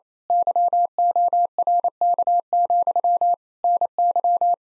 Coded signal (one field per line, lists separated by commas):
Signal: Morse code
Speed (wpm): 28 wpm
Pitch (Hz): 700 Hz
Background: none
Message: YORK, NY